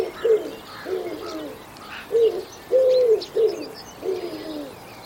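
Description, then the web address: Bird cooing in low rounded notes, several short phrases in quick sequence, faint chirps of other birds behind. "Bird Only"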